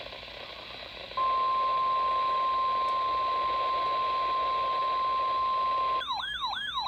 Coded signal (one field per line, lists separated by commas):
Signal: Emergency Alert System (SAME) tones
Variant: 1050 Hz attention tone